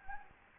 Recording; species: mosquito wingbeat signal from an infrared sensor; Anopheles gambiae